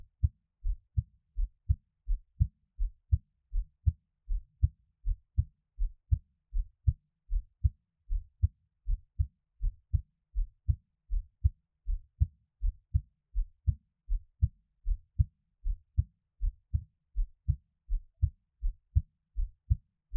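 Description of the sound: Steady, deep paired thumps repeat at about 80 beats a minute, with clear lub-dub first and second heart sounds and no talking or other noise. It is an adult's own heartbeat heard close up, offered as relaxation listening best heard on headphones.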